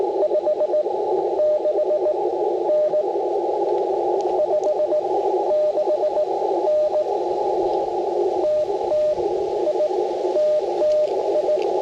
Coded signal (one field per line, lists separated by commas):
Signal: Morse code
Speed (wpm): 20 wpm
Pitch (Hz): 610 Hz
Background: radio noise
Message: 56N 56N TTI TTI